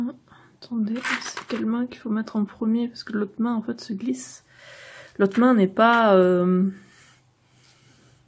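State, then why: Not seated. A part of a plastic Nendoroid figure is handled and pushed toward its socket in the figure body while someone talks throughout. Nothing has seated or clicked yet.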